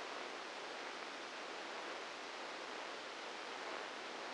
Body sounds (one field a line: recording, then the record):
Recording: brain microelectrode recording played as sound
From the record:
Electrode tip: inside the subthalamic nucleus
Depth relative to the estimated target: 2 mm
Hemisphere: right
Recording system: NeuroSet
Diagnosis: Parkinson's disease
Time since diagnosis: 8 years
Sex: male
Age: 59 years